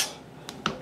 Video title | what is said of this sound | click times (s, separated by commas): Ketchup #52 - Mail, Boring Head, Viewer made tools, Toyota Roll Cage | lock it back in | 0.5 s, 0.7 s